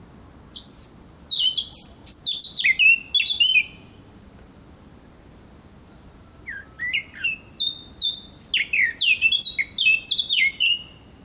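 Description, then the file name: Eurasian blackcap singing two bursts of fast, jumbled warbling with clear fluty notes sliding down at the end, separated by roughly three seconds of quiet. "Sylvia atricapilla"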